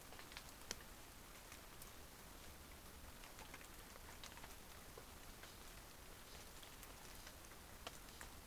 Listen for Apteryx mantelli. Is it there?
no